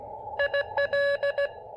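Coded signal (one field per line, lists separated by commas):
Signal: Morse code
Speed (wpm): 17 wpm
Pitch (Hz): 590 Hz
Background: none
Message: IL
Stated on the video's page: QRP portable POTA park activation with Elecraft KX2 and AX1 antenna on 20 and 17 meters.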